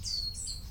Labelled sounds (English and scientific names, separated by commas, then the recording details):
Stitchbird (Notiomystis cincta) song
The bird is a male
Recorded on Tiritiri Matangi Island, New Zealand, in 2005
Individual 22, of nest box 31